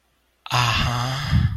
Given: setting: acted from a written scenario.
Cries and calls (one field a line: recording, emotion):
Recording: vocal sound without words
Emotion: ecstasy